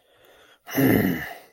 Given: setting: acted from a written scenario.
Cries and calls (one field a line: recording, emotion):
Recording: vocal sound without words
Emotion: anger